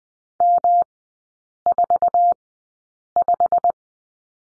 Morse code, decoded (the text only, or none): M45